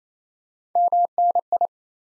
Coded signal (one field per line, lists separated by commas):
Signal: Morse code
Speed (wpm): 27 wpm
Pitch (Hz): 700 Hz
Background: none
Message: MNI